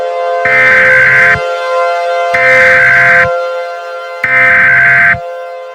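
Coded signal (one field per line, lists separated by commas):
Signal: Emergency Alert System (SAME) tones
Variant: header bursts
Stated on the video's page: Fictional EAS scenario (simulated) about a Roblox Slender outbreak.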